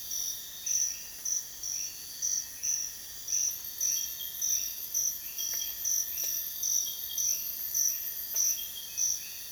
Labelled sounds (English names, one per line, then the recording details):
none
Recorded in dense forest near Puerto Asís, Putumayo, Colombia, on 22 June 2025 at 04:00
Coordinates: 0.484, -76.325
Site H65